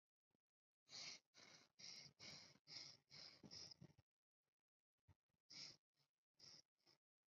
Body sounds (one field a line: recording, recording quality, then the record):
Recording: shallow breathing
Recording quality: excellent, no background noise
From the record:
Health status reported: COVID-19 positive, no symptoms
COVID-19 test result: positive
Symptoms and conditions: none ticked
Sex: male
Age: 23 years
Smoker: not ticked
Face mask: not worn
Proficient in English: yes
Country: India